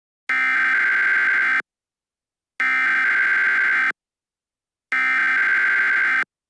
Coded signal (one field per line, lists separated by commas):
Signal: Emergency Alert System (SAME) tones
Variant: header bursts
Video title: McGuire | An EAS Scenario #eas #scenarios #emergencyalertsystem